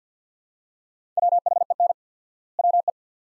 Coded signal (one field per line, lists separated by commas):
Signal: Morse code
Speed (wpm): 50 wpm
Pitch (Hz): 700 Hz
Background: none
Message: WHEN WE